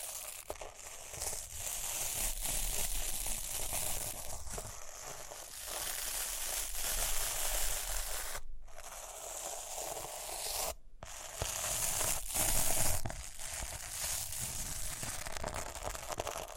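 Rhinestones are scratched and brushed in a steady, dense, bright rustling that runs the whole time with small rises and dips. Short taps and scrapes break through now and then, and the sound cuts out completely twice, briefly near 8 and 11 seconds.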